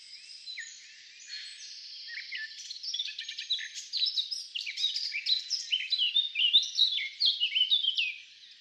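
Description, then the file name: Eurasian blackcap delivering a continuous scratchy warble that rises in volume into rich, rapid fluted notes before tailing off. "Sylvia atricapilla"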